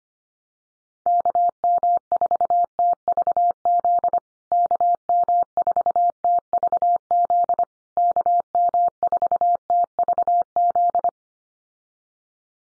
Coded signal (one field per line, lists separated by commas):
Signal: Morse code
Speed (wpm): 25 wpm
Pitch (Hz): 700 Hz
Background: none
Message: KM4TVZ KM4TVZ KM4TVZ